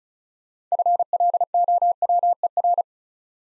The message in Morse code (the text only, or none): FLOWER